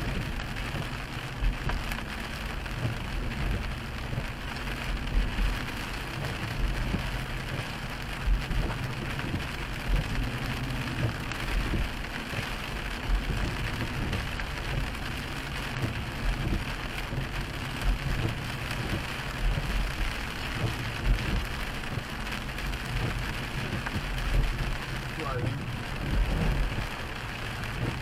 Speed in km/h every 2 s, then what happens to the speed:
48, 48, 50, 52, 52, 55, 53, 53, 53, 53, 52, 50, 45, 42.
0-19 steady at about 52. 19-28 slows to 42.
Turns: none.